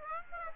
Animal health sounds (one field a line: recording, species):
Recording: mosquito wingbeat signal from an infrared sensor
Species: Aedes aegypti